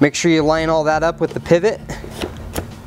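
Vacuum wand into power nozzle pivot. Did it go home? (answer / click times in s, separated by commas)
no / none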